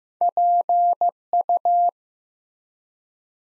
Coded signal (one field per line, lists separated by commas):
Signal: Morse code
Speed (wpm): 15 wpm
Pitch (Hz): 700 Hz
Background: none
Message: PU